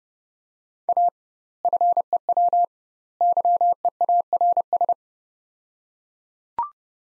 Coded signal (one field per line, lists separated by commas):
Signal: Morse code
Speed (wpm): 32 wpm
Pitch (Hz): 700 Hz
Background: none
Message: A FEW YEARS